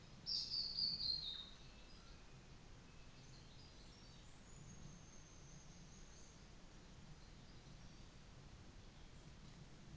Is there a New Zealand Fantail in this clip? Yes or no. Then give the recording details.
yes. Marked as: faintness 4/5. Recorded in New Zealand on 24 December 2018. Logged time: 13:00